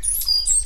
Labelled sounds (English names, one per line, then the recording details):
Stitchbird song
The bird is a male
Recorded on Tiritiri Matangi Island, New Zealand, in 2005
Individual 8, of nest box 10